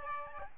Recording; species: mosquito wingbeat signal from an infrared sensor; Aedes albopictus